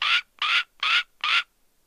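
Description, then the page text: Yellow-billed hornbill call: four loud, rasping notes in steady rhythm, then a short silence. Calling; Kruger National Park, South Africa. "by EcoSound on AudioJungle. Yellow-billed hornbill (Tockus flavirostris) calling, Kruger National Park, South Africa"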